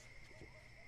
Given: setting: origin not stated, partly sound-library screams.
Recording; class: one-second piece from a danger detection set; normal situation